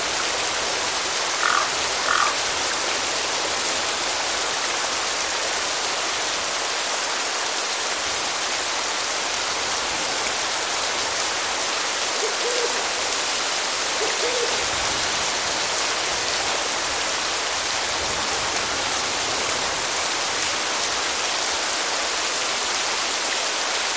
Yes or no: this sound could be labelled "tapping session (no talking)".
no